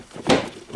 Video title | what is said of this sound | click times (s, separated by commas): How to repair a broken sliding door cable on a 2011-17 Honda Odyssey | yeah that's a big pop okay | 0.3 s